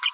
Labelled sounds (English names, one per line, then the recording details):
Green-rumped Parrotlet babbling
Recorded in a nest box in Venezuela
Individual 18B25A5